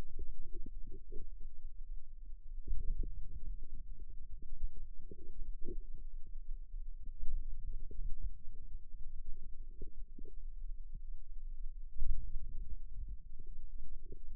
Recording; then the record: forearm muscle sounds (acoustic myography)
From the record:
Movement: outward rotation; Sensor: system 2, bracelet of six BSWA MPA416 microphones around the upper forearm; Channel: 1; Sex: female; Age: 22 years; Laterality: right